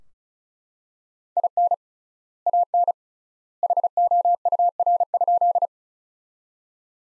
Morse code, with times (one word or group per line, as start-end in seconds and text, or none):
1.4-1.7 IN
2.5-2.9 AN
3.6-5.7 HOUR?